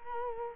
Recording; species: mosquito wingbeat signal from an infrared sensor; Culex quinquefasciatus